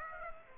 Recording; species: mosquito wingbeat signal from an infrared sensor; Aedes aegypti